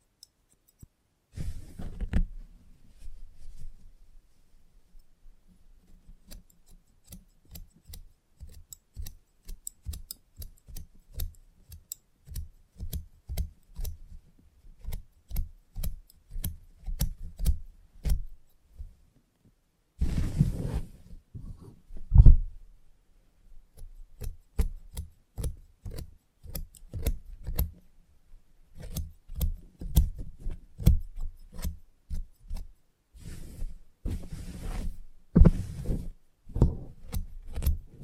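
Scissors snip steadily through a haircut, sharp crisp clicks coming in quick irregular runs with short pauses between bursts. Around the twenty-second mark there is a louder rustling thump, then the snipping resumes, growing denser toward the end.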